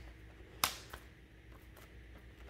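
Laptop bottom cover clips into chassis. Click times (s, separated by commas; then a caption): 0.6 s. Pressing around the edges of the back panel of an HP 840 G6 laptop after a memory card install, so its remaining edge clips click home into the chassis and the panel is completely in. A sharp click sounds at 0.6 s, followed by a fainter tick at 0.9 s over quiet background. The bottom cover clips seat.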